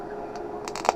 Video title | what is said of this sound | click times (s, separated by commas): Sonny's Cazal Legend 607 with Rx Transitions XTRAactive and Crizal Lenses | Push down with my thumbs, and it snaps right in. | 0.9 s